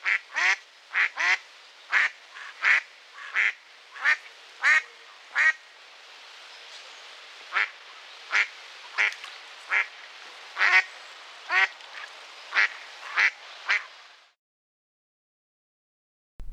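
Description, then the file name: Mallard giving a long series of loud, harsh quacks, a little under a second apart, over a steady background hiss before falling silent. "stockente"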